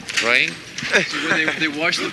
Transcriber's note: laughter